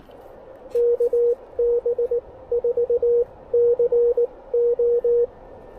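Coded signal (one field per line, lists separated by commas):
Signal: Morse code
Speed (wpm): 19 wpm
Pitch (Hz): 480 Hz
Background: radio noise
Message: KB4CO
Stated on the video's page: Three-watt QRP POTA activation with an Elecraft KX1, wire end-fed antenna, and CW Morse SP4 paddles.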